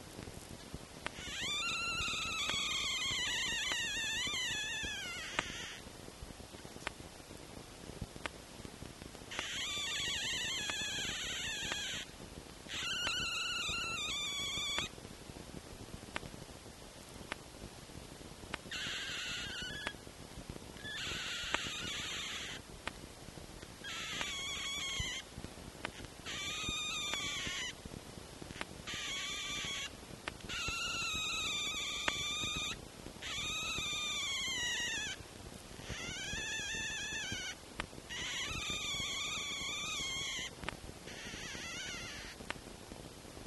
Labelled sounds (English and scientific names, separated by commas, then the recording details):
Red Fox (Vulpes vulpes)
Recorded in captivity
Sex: female
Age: juvenile
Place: Zoologisches Institut der HUB, Berlin, DE
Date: 1955-04-19 13:00
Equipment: Elmetra
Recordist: Tembrock, Günter
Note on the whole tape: Zenzi-Welpen 1955 (w)4: liegt auf einer Pappe, Kopf auf linkem Vorderbein, ruhig, leises Quärren. Achtung technische Probleme: Störimpulse